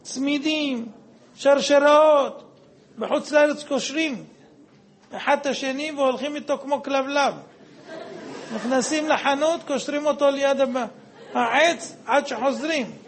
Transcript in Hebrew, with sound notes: צמידים, שרשראות בחוץ לארץ קושרים אחד את השני והולכים אתו כמו כלבלב (הקהל צוחק...) נכנסים לחנות שמים אותו ליד העץ עד שחוזרים,